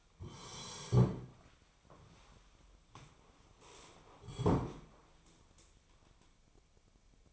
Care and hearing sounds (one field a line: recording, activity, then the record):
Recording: daily activity, microphone in the room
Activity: sit down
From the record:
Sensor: 1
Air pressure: 1015.2 hPa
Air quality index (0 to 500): 158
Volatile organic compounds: 10 ppm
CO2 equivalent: 2200 ppm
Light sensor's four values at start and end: 12/29/12/14 and 12/29/12/13